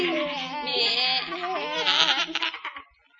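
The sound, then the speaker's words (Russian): Several goats bleat together on a meadow by a steep riverbank on a sunny, breezy day, in a wavering, overlapping chorus of nasal, quavering cries that holds steady for a few seconds before breaking into shorter bleats and fading out. “Пошли козы на лужок.”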